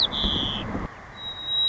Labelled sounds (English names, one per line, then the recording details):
White-crowned Sparrow
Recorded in Sonoma County, California